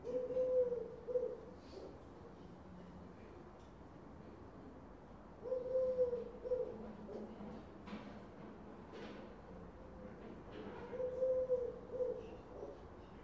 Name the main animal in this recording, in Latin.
Streptopelia decaocto